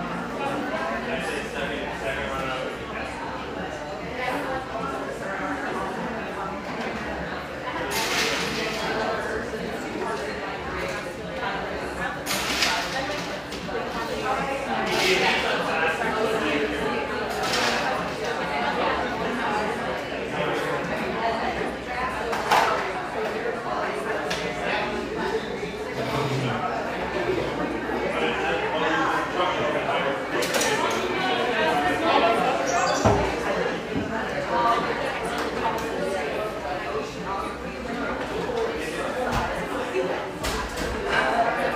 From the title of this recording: Pearl District, Portland, Oregon